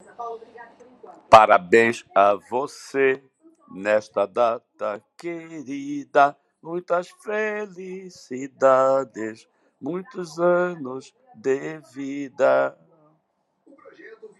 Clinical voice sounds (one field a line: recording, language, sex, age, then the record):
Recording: short text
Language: Brazilian Portuguese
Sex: male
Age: 60 to 69 years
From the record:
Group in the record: control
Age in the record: 68 years